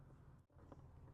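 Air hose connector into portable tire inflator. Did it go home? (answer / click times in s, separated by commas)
no / none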